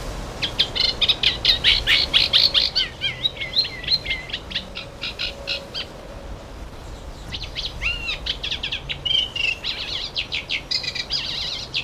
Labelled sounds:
Eurasian Reed Warbler (Acrocephalus scirpaceus) song
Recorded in the wild
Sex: male
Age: adult
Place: Summt, Brandenburg, DE
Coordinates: 52.69, 13.3603
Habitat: lake
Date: 1988-06-12 12:00
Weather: sunny, 14-18°C, wind
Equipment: Nagra SN, Kopie Tesla B 116
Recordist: Tembrock, Günter

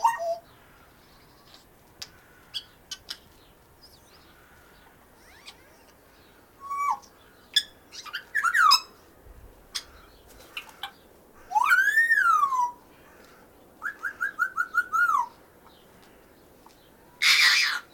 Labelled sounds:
Grey Parrot (Psittacus erithacus) call
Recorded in captivity
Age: adult
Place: Zoo Berlin, Berlin, DE
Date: 1997-03-04 11:59
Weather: heiter, 10 bis 12°C
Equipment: Nagra SN, Kopie Uher 4000 Report Monitor
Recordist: Tembrock, Günter

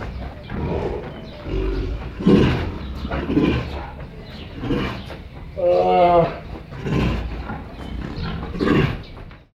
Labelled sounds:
Tiger (Panthera tigris)
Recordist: Tembrock, Günter
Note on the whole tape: Prusten und Maunzen eines Männchens

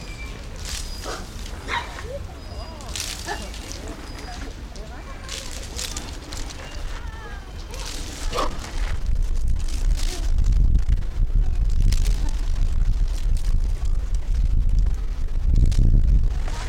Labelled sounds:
Japanese Macaque (Macaca fuscata)
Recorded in captivity
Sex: group
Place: Zoo Berlin, Berlin, DE
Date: 1994-09-10 10:25
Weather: bedeckt, 15°C, z.T. Regen
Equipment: Marantz CP 430, Sennheiser ME 80, Kopie Uher Variocord 263
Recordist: Tembrock, Günter

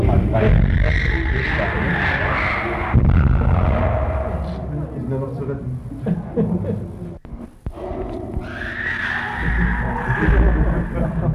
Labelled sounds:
Chimpanzee (Pan troglodytes)
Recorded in captivity
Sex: group
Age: diverse
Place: Zoo Dresden, Sachsen, DE
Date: 1961-10-27
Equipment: Minifon, Kopie Smaragd
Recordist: Tembrock, Günter

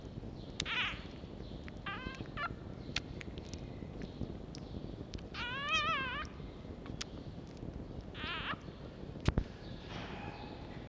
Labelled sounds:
Red Fox (Vulpes vulpes)
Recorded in captivity
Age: juvenile
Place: Zoologisches Institut der HUB, Berlin, DE
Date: 1952-04-21 11:50
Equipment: Elmetra
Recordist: Tembrock, Günter

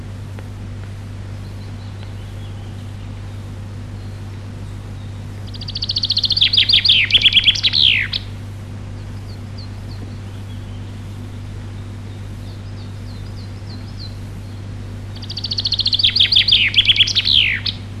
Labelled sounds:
Common Chaffinch (Fringilla coelebs) song
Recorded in the wild
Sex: male
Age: adult
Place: Przytocko, Pomorskie, PL
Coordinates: 54.1211, 16.8428
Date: 1965-07-05 06:00
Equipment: Grundig TK 4, BG 20/6 - 19 cm/s
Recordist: Schubert, Michael

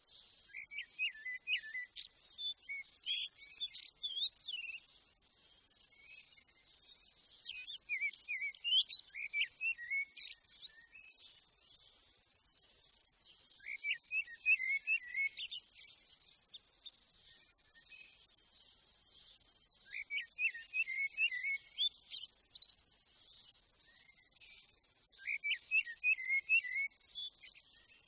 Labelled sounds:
Common Blackbird (Turdus merula) song
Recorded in the wild
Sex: male
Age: adult
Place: Garmisch-Partenkirchen, Bayern, DE
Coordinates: 47.4936, 11.0808
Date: 1966
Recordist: Tretzel, Erwin
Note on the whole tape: Garmisch-Partenkirchen, Zoeppritzstraße 11-13. Männchen: Gesang ("Einstrophige"). Aufnahmedatum: 13./14.04.1966

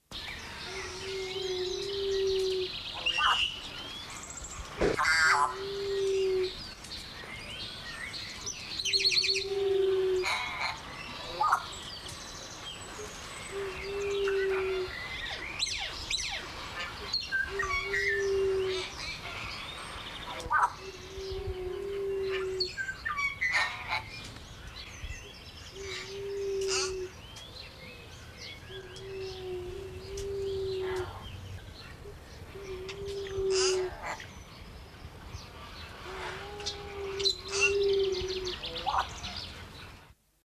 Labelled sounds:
Bridled Quail-Dove (Geotrygon mystacea) call
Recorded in captivity
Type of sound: call
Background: Mino dumontii
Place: Vogelpark Walsrode, Niedersachsen, DE
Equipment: Halbspur, 9,5 cm/s
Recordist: Lütgens, Hans
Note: Rufe von zwei Tieren

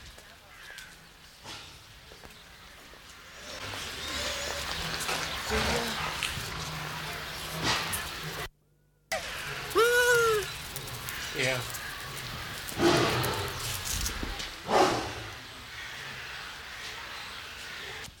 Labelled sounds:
Tiger (Panthera tigris)
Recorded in captivity
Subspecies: sumatrae
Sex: female
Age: adult
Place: Zoo Berlin, Berlin, DE
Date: 1993-10-16 11:58
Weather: heiter, 6-10 °C
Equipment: Marantz CP 430, Sennheiser MKH 416 T, Kopie Uher Variocord 263
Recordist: Tembrock, Günter

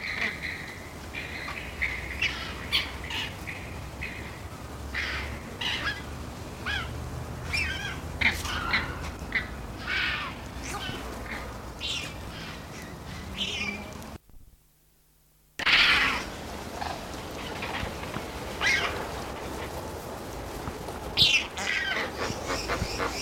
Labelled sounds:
Lesser Flamingo (Phoeniconaias minor) call
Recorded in captivity
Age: adult
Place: Zoo Berlin, Berlin, DE
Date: 1991-10-10
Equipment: Nagra SN, Kopie Tesla B 116
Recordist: Tembrock, Günter

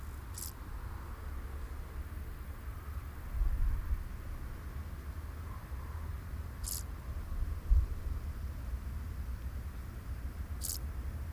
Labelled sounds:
Field Grasshopper (Chorthippus brunneus) stridulation
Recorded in the wild
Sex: male
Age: imago
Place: Botanische Anlage Blankenfelde, Berlin, DE
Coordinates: 52.603, 13.4
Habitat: Wiese
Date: 1997-08-10 18:19
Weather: 27°C, heiter
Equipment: Sony MD-WM MZ-R3, Sennheiser MKH 416 T, Kopie Uher 4000 Report Monitor
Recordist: Tembrock, Günter
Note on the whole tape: Zwei Exemplare: Stridulation

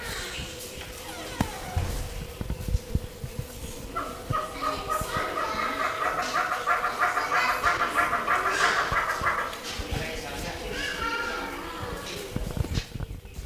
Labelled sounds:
Fire-tufted Barbet (Psilopogon pyrolophus) call
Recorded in captivity
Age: adult
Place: Tiergarten Heidelberg, Baden-Württemberg, DE
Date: 2000-09-27 17:43
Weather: bedeckt, 16 - 17°C
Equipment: Nagra SN, Kopie Uher 4000 Report Monitor
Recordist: Tembrock, Günter
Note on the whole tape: Rufreihen (keine Ansage!)

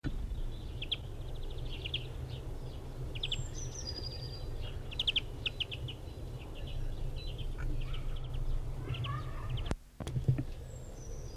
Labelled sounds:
European Greenfinch (Chloris chloris) call
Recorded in the wild
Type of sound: call
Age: adult
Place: Summt, am Buchenberg, Brandenburg, DE
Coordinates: 52.695, 13.3594
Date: 1975-05-02
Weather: sunny, few clouds, 16°C
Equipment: Uher CR 210, Sennheiser MD 421, Reflektor, Verstärker, Kopie Uher 4200
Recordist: Tembrock, Günter
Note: Rufe

